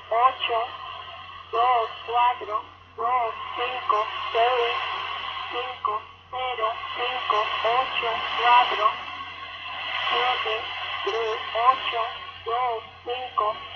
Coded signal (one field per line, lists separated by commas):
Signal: numbers station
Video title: Numbers Station Dec 15 2014